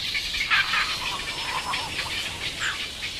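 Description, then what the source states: Egret chicks begging, a dense overlapping chorus of harsh, rasping, scratchy notes with a few sharper squeals, continuing without pause. Chicks at an occupied nest scrambling for food as a parent arrives (scramble competition); Shannon river, Ireland.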